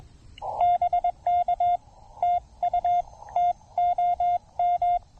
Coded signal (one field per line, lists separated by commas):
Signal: Morse code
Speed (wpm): 21 wpm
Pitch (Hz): 690 Hz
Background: none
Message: BK TU TOM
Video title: A Brilliant QRP SOTA Day with the Discovery TX-500 on Bakers Mountain!